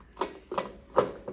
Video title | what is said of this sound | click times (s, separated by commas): How to rewind and load film into your developing tank | and you should hear it click take it and twist it | 1.0 s